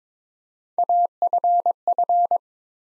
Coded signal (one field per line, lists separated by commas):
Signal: Morse code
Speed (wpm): 22 wpm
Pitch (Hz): 700 Hz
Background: none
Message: AFF